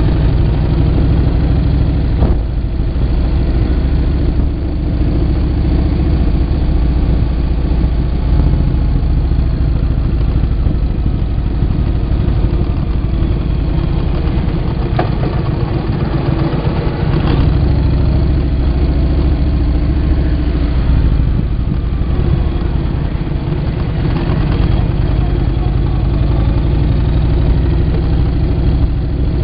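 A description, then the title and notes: A vehicle rides across Hoover Dam, its engine a steady, heavy low rumble that barely changes over the half minute. Faint clicks and brief bumps break through now and then, around a few seconds in, near the middle, and toward the end. This is just a quick video taken while riding across Hoover Dam.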